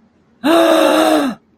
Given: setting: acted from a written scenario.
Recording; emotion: vocal sound without words; awe